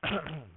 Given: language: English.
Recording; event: throat vibration sensor signal played as sound; throat clearing